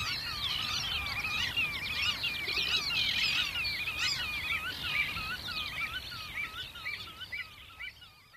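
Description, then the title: Black-tailed Godwit calls, a rapid overlapping chatter of wavering notes, thinning out and fading toward the end. Wader that has recently settled in Finland. "Viikon luontoääni: Mustapyrstökuiri"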